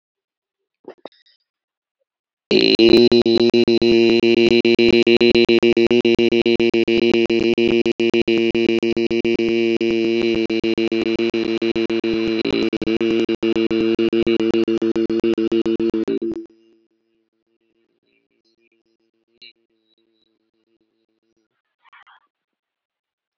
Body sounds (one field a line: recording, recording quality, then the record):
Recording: sustained vowel as in made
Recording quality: poor, much background noise or distortion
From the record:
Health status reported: healthy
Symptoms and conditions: none ticked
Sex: male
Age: 25 years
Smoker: not ticked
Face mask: not worn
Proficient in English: yes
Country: India